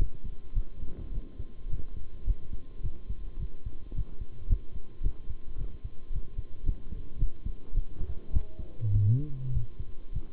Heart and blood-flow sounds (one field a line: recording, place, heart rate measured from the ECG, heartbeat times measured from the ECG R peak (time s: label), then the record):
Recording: heart sounds by stethoscope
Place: between the tricuspid and mitral areas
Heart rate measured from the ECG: 107 bpm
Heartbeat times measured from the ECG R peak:
0.55 s: heartbeat
1.12 s: heartbeat
1.69 s: heartbeat
2.26 s: heartbeat
2.83 s: heartbeat
3.39 s: heartbeat
3.94 s: heartbeat
4.49 s: heartbeat
5.03 s: heartbeat
5.58 s: heartbeat
6.12 s: heartbeat
6.65 s: heartbeat
7.19 s: heartbeat
7.74 s: heartbeat
8.33 s: heartbeat
8.92 s: heartbeat
9.53 s: heartbeat
10.12 s: heartbeat
From the record:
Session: bicycle stress test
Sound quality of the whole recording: good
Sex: male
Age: 23 years